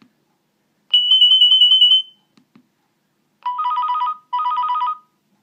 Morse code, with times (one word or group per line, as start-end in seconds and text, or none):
none